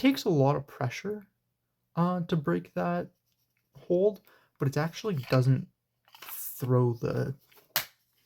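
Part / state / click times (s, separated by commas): fixed-blade knife into its sheath / seated / 7.8 s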